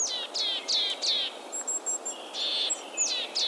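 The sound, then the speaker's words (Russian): A willow tit calls in a series of harsh, buzzy notes that each slide downward, repeated in a quick uneven rhythm, with a few thin, high chips in the middle. “Честно говоря, позывка пухляка, наверное, не самая мелодичная на свете.”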